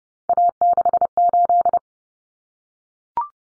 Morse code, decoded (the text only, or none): A68